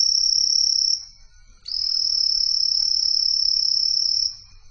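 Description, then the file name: Steineger's paddy frog calling: the end of a high, buzzy trill, a short pause, then a long steady trill lasting nearly three seconds, cricket-like in tone. "Micryletta steinegeri"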